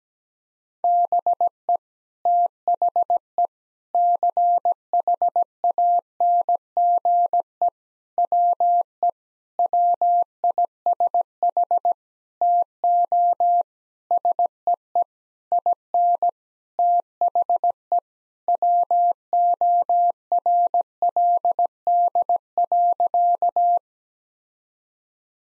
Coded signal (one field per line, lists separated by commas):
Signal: Morse code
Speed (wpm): 17 wpm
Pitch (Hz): 700 Hz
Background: none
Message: BE THE CHANGE WE WISH TO SEE IN THE WORLD.